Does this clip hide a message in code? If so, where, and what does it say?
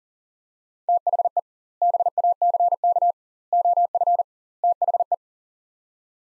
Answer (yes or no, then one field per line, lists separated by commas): yes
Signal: Morse code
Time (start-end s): 0.9-5.1 s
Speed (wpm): 37 wpm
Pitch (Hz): 700 Hz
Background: none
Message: THE BACK OF THE